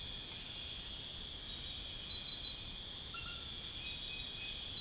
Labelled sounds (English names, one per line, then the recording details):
none
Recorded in secondary vegetation near Puerto Asís, Putumayo, Colombia, on 21 March 2025 at 00:00
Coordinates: 0.489, -76.322
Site G042